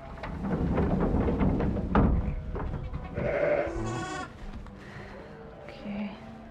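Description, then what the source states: Sheep bleating, a quavering, wavering bleat in the middle among rustling, knocks and other short animal noises, followed by a shorter call near the end. A lamb.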